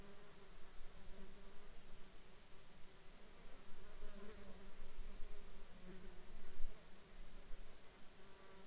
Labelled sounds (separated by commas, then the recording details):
insects
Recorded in the Arctic National Wildlife Refuge, Alaska, on 21 June 2019 at 11:10
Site 33